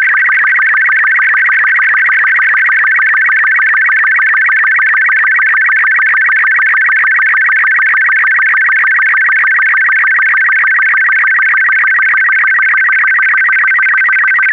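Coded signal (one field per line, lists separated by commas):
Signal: SSTV (slow-scan television)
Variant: Robot 36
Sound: steady warbling, chirping tone around 1.5-2.3 kHz with fast rhythmic ticks throughout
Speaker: so i'm going to go ahead and hit play and let it transmit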